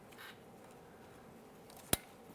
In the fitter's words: press it in listen for a click from that we'll make our way up here